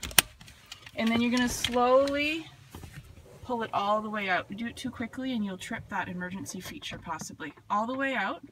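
A seat belt's metal latch plate is pushed into the vehicle buckle and latches with one sharp, loud click at 0.2 s, seating fully. A few faint ticks follow before someone talks for the rest of the clip.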